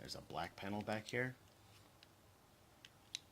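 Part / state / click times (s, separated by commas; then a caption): plastic cover panel on a transforming toy figure / seated / 3.1 s. Someone talks, then a black plastic cover panel on a transforming Toyworld Bulldozer robot toy is moved down, where it commonly gets hung up, until it snags. Faint ticks follow, and the panel clicks into place with a sharp click at 3.1 s.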